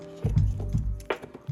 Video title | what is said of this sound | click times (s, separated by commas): BMW M240i B58 Spark Plug Change Tutorial (F Chassis 340i/440i) | those should just snap right in | 1.1 s